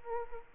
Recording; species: mosquito wingbeat signal from an infrared sensor; Culex quinquefasciatus